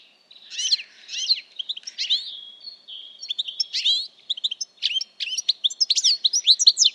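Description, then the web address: Bird song, a rapid run of varied high chirps, trills and short whistles, tumbling on with brief pauses. "Deverinetal"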